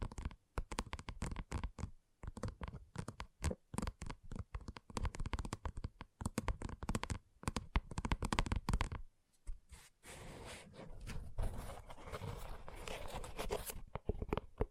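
Gentle ASMR tapping arrives in quick, uneven bursts of soft knocks and scratchy tips, with short silences between clusters through the first nine seconds. After about ten seconds the sound turns into a continuous rustling scrape with occasional taps on top.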